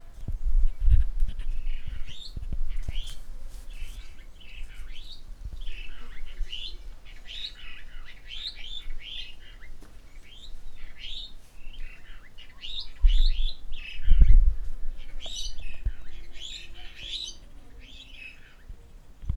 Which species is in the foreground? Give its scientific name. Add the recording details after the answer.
Lanius corvinus. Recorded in northern Uganda